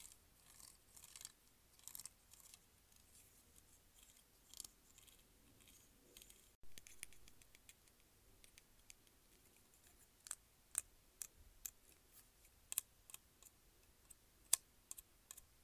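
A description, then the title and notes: A hair clip snaps and clicks in sharp, bright bursts at irregular intervals, with soft rustling early and crisper, louder clicks after ten seconds. ASMR Hair Clip.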